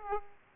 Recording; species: mosquito wingbeat signal from an infrared sensor; Aedes aegypti